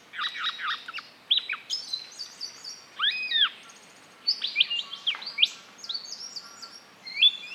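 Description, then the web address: Yellow-throated scrubwren calls: quick series of chattering, squeaky chirps and short whistled phrases with upswept and downslurred notes, given in bursts with short pauses between them. "sound Yellow-throated-scrubwren. صدای-پرنده-خس-نشین-گلوزرد"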